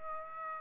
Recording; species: mosquito wingbeat signal from an infrared sensor; Aedes aegypti